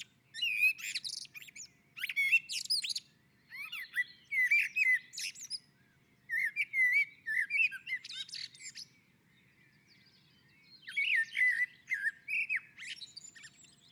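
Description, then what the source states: Common blackbird song of repeated phrases, each a mellow warble ending in high squeaky twitters, delivered in bursts separated by short pauses across the recording. On a roof.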